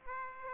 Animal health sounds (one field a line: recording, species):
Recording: mosquito wingbeat signal from an infrared sensor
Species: Aedes aegypti